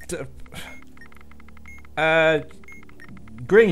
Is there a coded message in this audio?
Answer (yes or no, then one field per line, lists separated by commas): no